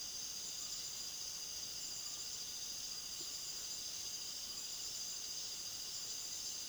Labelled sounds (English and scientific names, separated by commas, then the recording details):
none
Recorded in pastures near Puerto Asís, Putumayo, Colombia, on 19 February 2024 at 18:30
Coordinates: 0.497, -76.327
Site G7276